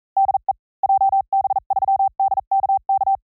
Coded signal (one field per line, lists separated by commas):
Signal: Morse code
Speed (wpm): 42 wpm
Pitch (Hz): 780 Hz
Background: none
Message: DE JB3DKK